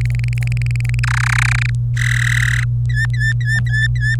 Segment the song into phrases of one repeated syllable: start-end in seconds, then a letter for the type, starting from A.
0.01-0.99 A, 1.03-1.70 B, 1.97-2.64 C, 2.90-4.15 D